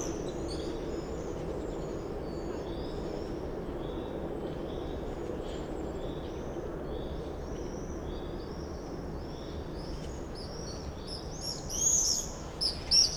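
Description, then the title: Common swift screams, a busy stream of high shrill calls from many birds, peaking in loud screaming bursts in the final seconds, over a low hum. Summer evening in a backyard in Bytom, Poland; many swifts circling; recorded with Zoom F4 and AT BP4025. "Zygmunta Starego 3, Bytom, Poland - Backyard swifts"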